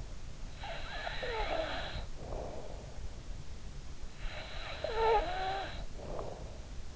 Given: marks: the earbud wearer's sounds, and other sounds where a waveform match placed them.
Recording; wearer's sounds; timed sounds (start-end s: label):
sounds in sleep by an in-ear microphone; snoring breath
0.39-2.96 s: snoring breath
4.16-6.57 s: snoring breath